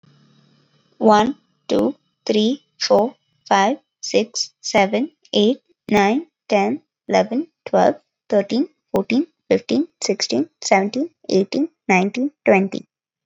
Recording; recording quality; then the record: counting at a normal pace; excellent, no background noise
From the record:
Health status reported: COVID-19 positive, mild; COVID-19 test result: positive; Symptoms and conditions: cold, fever, fatigue, muscle pain, loss of smell and taste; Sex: female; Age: 22 years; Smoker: not ticked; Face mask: not worn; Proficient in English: yes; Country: India